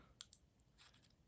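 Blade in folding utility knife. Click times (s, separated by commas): 0.2 s, 0.3 s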